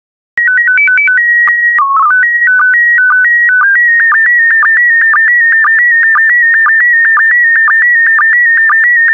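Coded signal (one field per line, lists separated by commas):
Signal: SSTV (slow-scan television)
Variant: PD 120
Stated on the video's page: SSTV images sent in PD120 mode, generated for decoding practice.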